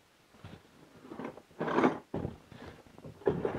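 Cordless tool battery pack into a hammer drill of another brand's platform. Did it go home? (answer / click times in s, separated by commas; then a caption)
no / none. A slim stacked-cell DeWalt PowerStack battery pack is slid onto the battery rails of a Ryobi cordless hammer drill built for a different battery platform, producing scraping, sliding rubs and short plastic knocks as it is pushed in and wobbled, with the sharpest knocks near 2.1 s and 3.3 s. The pack fits between the rails but does not lock into place, and no latch has clicked.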